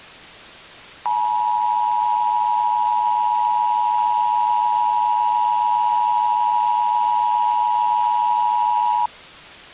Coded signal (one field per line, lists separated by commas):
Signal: Emergency Alert System (SAME) tones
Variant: 853 and 960 Hz attention tone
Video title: [REUPLOAD] EAS Scenario - Deadly Soda